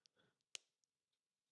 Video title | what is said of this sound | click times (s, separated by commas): X100VI + Freewell Real Lens Hood | It's got a nice satisfying click. | 0.5 s